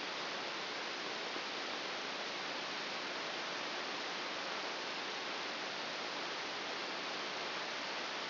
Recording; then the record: brain microelectrode recording played as sound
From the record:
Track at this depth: inside the subthalamic nucleus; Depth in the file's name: 2.004 mm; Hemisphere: right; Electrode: 2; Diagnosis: Parkinson's disease